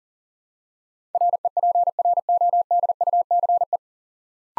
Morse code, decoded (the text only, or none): REPRODUCE